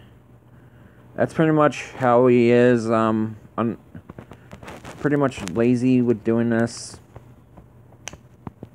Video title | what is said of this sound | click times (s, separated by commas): Review of energon igniter power plus bumblebee from the transformers bumblebee movie | yeah, that's how it snaps and clicks into place. | 8.1 s